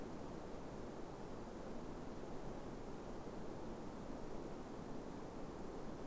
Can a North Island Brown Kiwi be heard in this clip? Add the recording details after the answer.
no. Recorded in New Zealand on 5 November 2015. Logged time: 22:59. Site CQ72